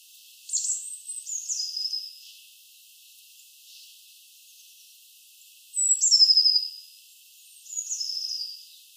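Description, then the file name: Eurasian blue tit calls: two pairs of high, thin, descending notes, one pair early and one near the end, with quiet background between. "Cyanistes caeruleus"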